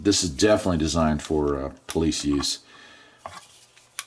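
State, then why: Seated. Someone talks, then the apparently plastic clip of a Retevis RT 1 walkie-talkie's clip-on lapel speaker-mic is snapped onto clothing or a strap. There is a soft tap at 3.3 s, then a sharp click at 4.0 s as the clip seats.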